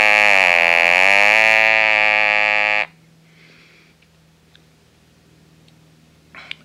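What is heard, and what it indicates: A steady, buzzy electrolarynx tone (Servox) lasting about three seconds, its pitch shifted lower and then higher with the thumb wheels on either side of the barrel, followed by near silence.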